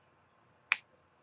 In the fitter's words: Clicks in place so